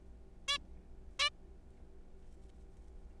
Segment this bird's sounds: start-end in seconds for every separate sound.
0.48-0.58, 1.20-1.29